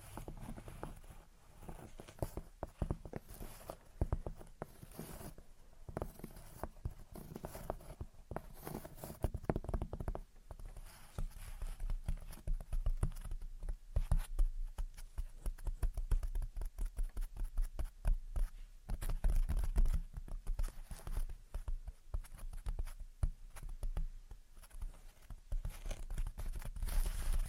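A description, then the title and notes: Gentle tapping and scratching continues for the whole clip as dense, quick, irregular clicks and taps, with low soft thuds underneath throughout. Gentle Tapping and Scratching. (No Talking).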